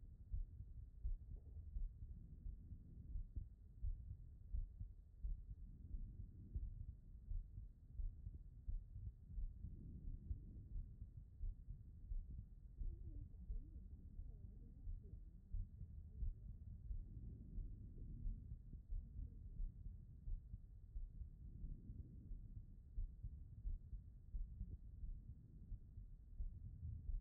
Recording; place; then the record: heart sounds by stethoscope; pulmonary valve (PV)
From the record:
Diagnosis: non-HFrEF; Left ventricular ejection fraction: 62%